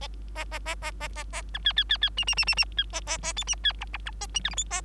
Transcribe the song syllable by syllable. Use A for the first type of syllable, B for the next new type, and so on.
A A A A A A A B C C C C D D D D D C A A A E D C F F B A G H I A